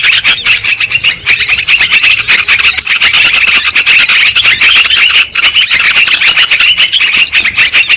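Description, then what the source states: Shrill lovebird chatter, many high squeaky notes tumbling over one another in a constant, loud chorus. Bird-trapping lure recording of lovebirds, in Indonesian 'pikat burung'.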